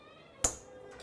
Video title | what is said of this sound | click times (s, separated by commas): Dishwasher Rack Adjuster Kit | you'll hear a click | 0.4 s